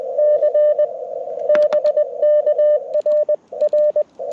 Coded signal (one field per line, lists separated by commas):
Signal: Morse code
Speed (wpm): 20 wpm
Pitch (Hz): 600 Hz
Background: none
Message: C BK RR